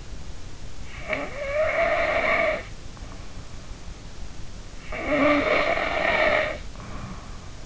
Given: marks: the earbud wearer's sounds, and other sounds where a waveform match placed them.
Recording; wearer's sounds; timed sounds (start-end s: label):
sounds in sleep by an in-ear microphone; snoring breath
0.96-2.81 s: snoring breath
4.92-7.29 s: snoring breath